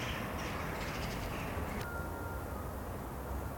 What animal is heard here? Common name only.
Eurasian Eagle-owl